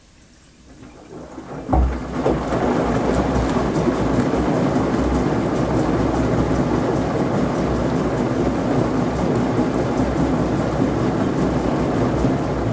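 A washing machine with laundry inside starts its spin: the first two seconds rise from near silence, then a thump lands just before two seconds. After that comes a dense, steady rumble with a low hum and a churning, gurgling wash over it to the end.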